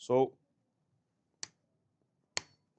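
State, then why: Released. Someone talks briefly as a tool from a ROBIEL injector repair kit is turned to release the torque on a tightened threaded fastener of a CATERPILLAR/DENSO diesel injector. A softer tick comes at 1.4 s, then the joint breaks loose with a sharp click at 2.4 s, and the fastener is released.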